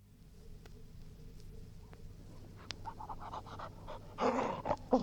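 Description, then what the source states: English springer spaniel with soft breathing at first, then panting and a few loud harsh bursts close together at the end. Domestic dog barking and panting.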